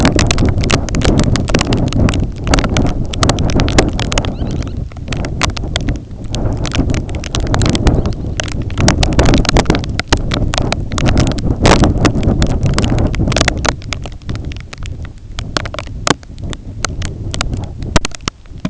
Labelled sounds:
Semipalmated Sandpiper (Calidris pusilla)
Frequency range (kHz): Semipalmated Sandpiper (Calidris pusilla) 0.4-5.0 kHz
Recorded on Arctic tundra, site IGLO-A, on 20 June 2018
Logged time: 21:59

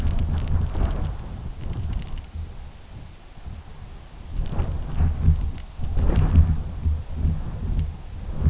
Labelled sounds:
none
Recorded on Arctic tundra, site UTQI-2, on 17 June 2019
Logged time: 06:00

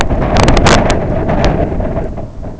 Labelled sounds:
none
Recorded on Arctic tundra, site IGLO-B, on 24 June 2018
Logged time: 01:59

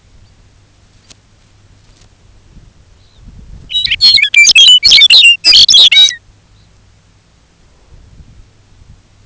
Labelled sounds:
unidentified sound, Lapland Longspur (Calcarius lapponicus)
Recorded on Arctic tundra, site UTQI-5, on 19 June 2019
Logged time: 22:00

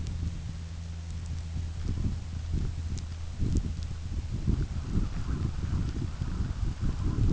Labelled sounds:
none
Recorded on Arctic tundra, site UTQI-5, on 29 June 2018
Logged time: 16:00

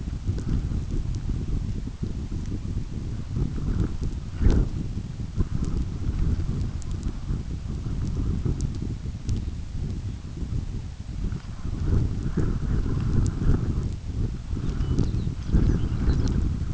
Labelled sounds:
Lapland Longspur (Calcarius lapponicus)
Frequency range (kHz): Lapland Longspur (Calcarius lapponicus) 2.2-6.7 kHz
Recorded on Arctic tundra, site UTQI-5, on 29 June 2018
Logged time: 16:00

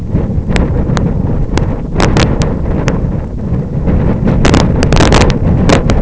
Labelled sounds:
none
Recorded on Arctic tundra, site IGLO-F, on 26 June 2018
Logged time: 08:00

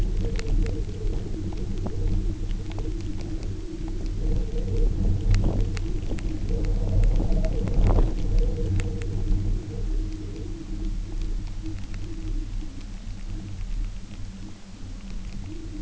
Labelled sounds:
none
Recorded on Arctic tundra, site UTQI-0, on 27 June 2018
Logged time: 04:00

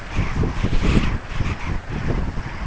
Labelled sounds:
none
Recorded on Arctic tundra, site UTQI-5, on 12 June 2019
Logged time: 08:00

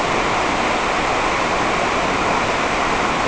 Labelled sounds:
none
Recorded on Arctic tundra, site NAIT-1, on 28 June 2018
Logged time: 07:00

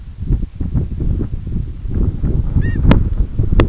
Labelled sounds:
Herring Gull (Larus argentatus)
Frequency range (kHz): Herring Gull (Larus argentatus) 0.5-6.0 kHz
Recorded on Arctic tundra, site EABA-1, on 20 June 2018
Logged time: 18:00

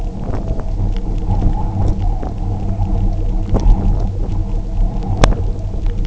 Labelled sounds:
none
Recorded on Arctic tundra, site UTQI-0, on 27 June 2018
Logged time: 10:00

